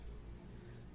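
A new CR2032 lithium coin cell is handled at the plastic and metal battery holder on a PC motherboard, a replacement to fix a CMOS failure error. Only about a second of steady low hum and broadband hiss is heard, with no sharp hits. Nothing has seated or clicked yet.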